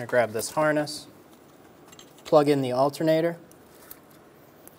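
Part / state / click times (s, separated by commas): wiring harness connector into alternator / seated / 3.9 s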